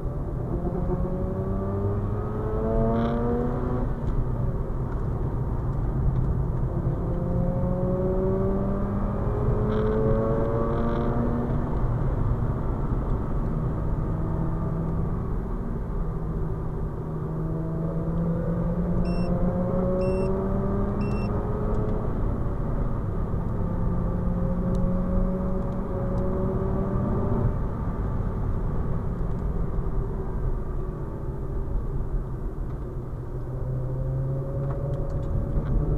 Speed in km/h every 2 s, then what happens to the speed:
70, 79, 73, 85, 100, 99, 86, 73, 71, 86, 92, 84, 84, 84, 70, 58, 59, 68.
0-8 speeds up to 100. 10-15 brakes to 71. 16-19 speeds up to 92. 26-30 brakes to 58. 30-36 speeds up to 68.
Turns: none.